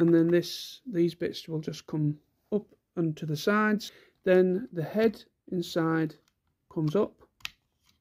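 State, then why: Seated. Someone talks while raising the inner robot head of a plastic Transformers SS-86 Grimlock transforming toy figure up into its chest. A sharp click at 7.4 s marks the head seating into place.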